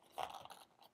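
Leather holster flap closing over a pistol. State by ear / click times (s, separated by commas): seated / 0.2 s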